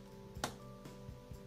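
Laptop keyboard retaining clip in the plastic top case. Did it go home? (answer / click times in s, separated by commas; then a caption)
released / 0.4 s. A small flat-blade screwdriver is pushed in between the keyboard and the plastic palmrest of a Dell Inspiron N5110 laptop to pry loose the keyboard's retaining clip in the plastic top case. A sharp pop at 0.4 s marks the clip releasing, followed by fainter ticks and a steady background hum. The keyboard clip is freed.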